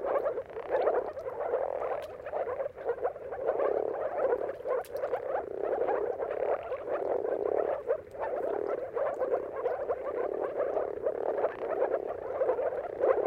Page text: earth-fm Jakub-Orzecki. Depending on the weather at the turn of March and April, you can witness an amazing spectacle of moor frogs